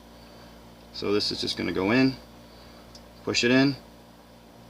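A wire terminal is being pushed into a slot in a harness connector, with its tab lined up to the notch, while someone talks over a steady low background hum. A brief faint tick is heard near 3.0 s, but the clip ends before the terminal goes home, so nothing has seated or clicked yet.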